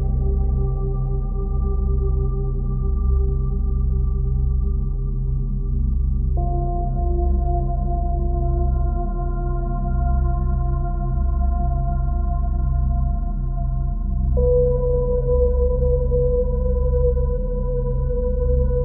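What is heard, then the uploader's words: Steady sustained tones hum with a faint slow beating, set over a dense low rumble that churns continuously underneath. The pitch shifts abruptly around six seconds and again near fourteen seconds, each new tone holding evenly. Loudness stays constant throughout. 25hz Beta Binaural Beats. Two tones of slightly different frequency, one in each ear.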